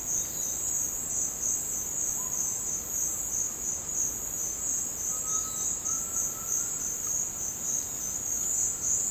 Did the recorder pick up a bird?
yes